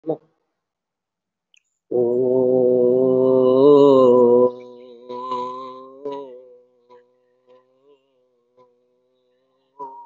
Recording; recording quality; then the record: sustained vowel as in boot; moderate, slight background noise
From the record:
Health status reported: respiratory illness, not identified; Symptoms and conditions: breathing difficulty, muscle pain, asthma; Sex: male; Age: 43 years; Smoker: no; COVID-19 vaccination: one dose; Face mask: worn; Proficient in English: yes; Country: India